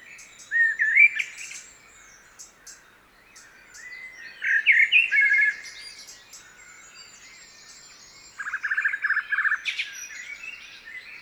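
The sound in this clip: Common blackbird giving three spaced song phrases: a short warble, a fuller scratchy phrase, then a harsher chatter, with faint high twitters between.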